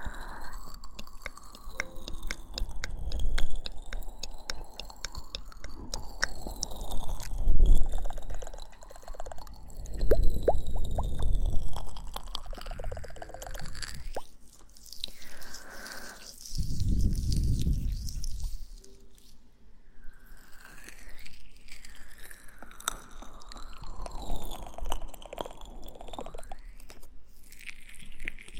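Wet kisses and close mouth sounds in the ear, with soft smacking, clicking and crunchy, chewing-like textures. Thicker rustling bursts come around 7–11 seconds and again near 17 seconds, with thin, sweeping whistly tones drifting high above throughout.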